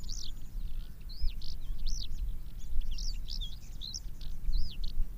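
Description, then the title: Javan bush lark repeating high, arched whistled notes in a lively sequence against low background noise. "Suara Burung Branjangan"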